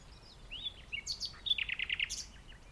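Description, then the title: Common nightingale song: a rising whistled note, varied short notes, then a fast, loud series of repeated rich notes. Singing in the dunes of The Hague, Netherlands, on the morning of May 12, 2021, during a lockdown walk. "Nightingale and joggers in the dunes (The Hague, May 12th 2021)"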